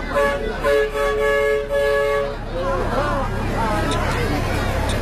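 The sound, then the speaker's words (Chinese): A small vintage train on the mountain railway up Shuanglongxia sounds its horn in a few loud, steady-pitched toots as it arrives, followed by a hubbub of people chattering and murmuring. The train's carriages seat six each, 120 passengers in all, on a 1,080 m line. “大概等了15分钟的时间，期待已久的小火车终于出现了。”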